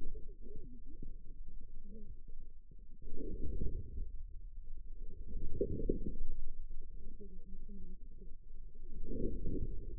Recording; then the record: forearm muscle sounds (acoustic myography)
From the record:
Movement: inward rotation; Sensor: system 2, bracelet of six BSWA MPA416 microphones around the upper forearm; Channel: 5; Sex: male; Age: 22 years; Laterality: right